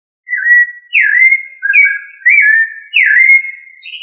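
Thrush song: a steady sequence of five fluted whistles, each swooping down then holding, nearly continuous, ending with a brief higher note.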